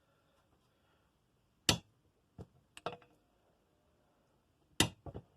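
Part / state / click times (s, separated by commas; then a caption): torque wrench on a small engine fastener / torque reached / 4.8 s. A torque wrench is checked on a small engine bolt during the rebuild of a 5 HP Briggs engine. Sharp metallic knocks and taps are heard around 1.7, 2.4 and 2.8 seconds. The loudest hit comes at 4.8 seconds as the wrench clicks at its setting, followed by a couple of softer taps.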